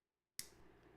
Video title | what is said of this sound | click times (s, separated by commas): Rants About Tech Live: Supernote A5X2 Manta Q&A | That snap is magical. | 0.4 s